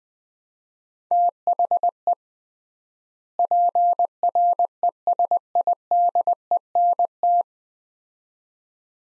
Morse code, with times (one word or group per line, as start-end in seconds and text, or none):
1.1-2.1 THE
3.4-7.4 PRESIDENT